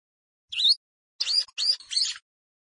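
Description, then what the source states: Plain prinia singing a short phrase of four scratchy, high chirps with rising sweeps, the first set apart from the rest. Recorded in a rice field.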